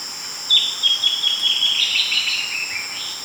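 Bird calls: a run of short, high notes at an uneven pace, blurring into a buzzy phrase, over steady high-pitched insect-like whining.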